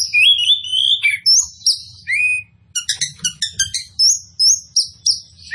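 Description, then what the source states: Oriental magpie-robin song with long slurred whistles, a brief gap, then a rapid series of sharp repeated notes and rising whistled phrases. Local name kacer poci; described as gacor, meaning singing vigorously and continuously.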